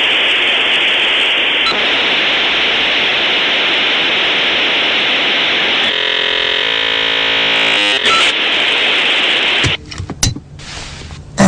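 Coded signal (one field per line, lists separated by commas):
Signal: dial-up modem handshake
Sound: loud steady modem hiss, a brief buzzing striped burst, more hiss, abrupt end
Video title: Dial Up Internet Sound ( Funny)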